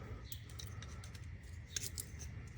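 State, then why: Not seated. A plastic retaining clip on an engine bay component of a 2012 Volkswagen Beetle 2.0T TSI, whose tab broke when it was pried out during AC compressor removal, is slid back on. Faint plastic scraping is heard along with a few light ticks and sharper taps around 1.8 and 2.0 seconds. Nothing has latched or clicked yet; the clip slides on but does not latch.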